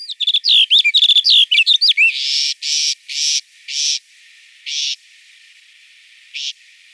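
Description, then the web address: Snow bunting song: a quick, varied warbling phrase of sweet whistled notes lasting about two seconds, followed by several short bursts of rushing noise. "Schulze Peter Snow Bunting song"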